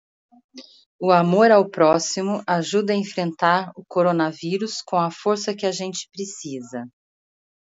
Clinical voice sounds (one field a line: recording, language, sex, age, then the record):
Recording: spoken sentence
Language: Brazilian Portuguese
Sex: female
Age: 50 to 59 years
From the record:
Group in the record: control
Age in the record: 58 years